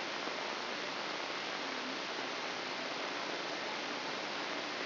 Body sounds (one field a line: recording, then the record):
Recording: brain microelectrode recording played as sound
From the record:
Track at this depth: inside the subthalamic nucleus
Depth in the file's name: 5.108 mm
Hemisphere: left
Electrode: 2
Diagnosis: Parkinson's disease